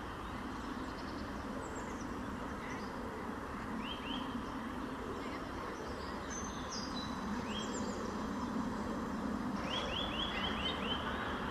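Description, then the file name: Eurasian nuthatch calls: scattered single piping notes, then a fast run of clear repeated whistles near the end, over steady traffic rumble and faint other bird chirps. "Sitta europaea"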